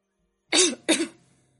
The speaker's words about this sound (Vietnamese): Tề Diệt bỗng chốc ho khùng khục nhìn Tịch Ly.